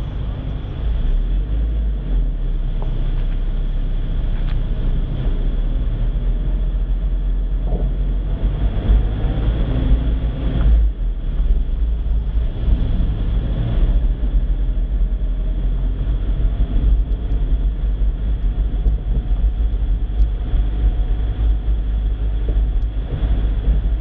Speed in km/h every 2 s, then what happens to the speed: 3, 7, 8, 10, 10, 13, 15, 17, 17, 17, 17, 20.
0-14 speeds up to 17. 14-24 steady at about 17.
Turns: none.